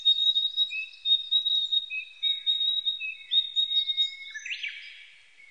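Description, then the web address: Narcissus flycatcher giving high whistled phrases, a steady tone with shorter lower notes beneath, ending in a rough burst. Recorded on 25 April 1998. "1998 980425 kibitaki"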